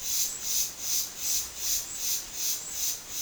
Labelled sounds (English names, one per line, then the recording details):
none
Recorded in dense forest near Puerto Asís, Putumayo, Colombia, on 21 February 2024 at 13:30
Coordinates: 0.505, -76.324
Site G6467